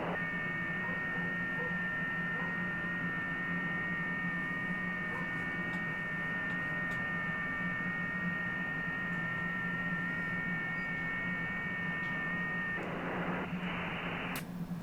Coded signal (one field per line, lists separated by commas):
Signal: FT8